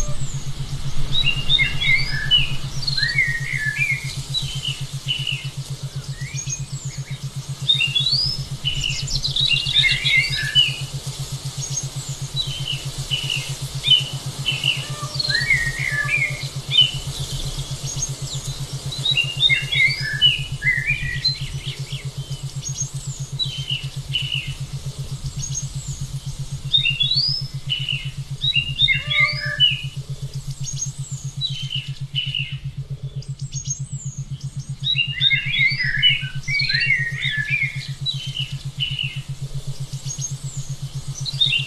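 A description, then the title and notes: Forest birds chirp and trill in quick, scattered bursts for the whole clip. The bright calls come densely in the first half, thin out briefly around the half-minute mark, then pick up again. Beneath them runs a steady, unchanging low hum. Forest bird sound 7.83HZ Schumann resonant wave.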